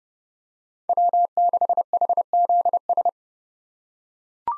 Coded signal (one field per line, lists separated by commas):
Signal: Morse code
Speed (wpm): 28 wpm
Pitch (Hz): 700 Hz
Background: none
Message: W6HZS